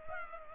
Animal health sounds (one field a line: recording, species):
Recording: mosquito wingbeat signal from an infrared sensor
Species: Culex pipiens